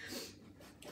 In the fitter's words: again it just opens up really easily clicks into place